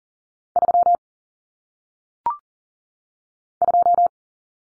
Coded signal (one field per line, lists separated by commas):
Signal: Morse code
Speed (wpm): 40 wpm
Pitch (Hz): 700 Hz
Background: none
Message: 3 2